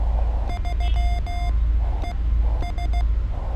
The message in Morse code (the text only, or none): 3ES